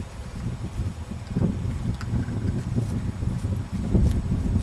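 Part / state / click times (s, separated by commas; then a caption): drip tape onto a twist-lock irrigation fitting / not seated / none. Drip tape is pushed onto the plastic twist-lock fitting of a drip-irrigation header, before it is turned to lock. Steady low rumble and wind-like noise run throughout, with a brief sharp sound at about 2.0 s. Nothing has seated or clicked yet.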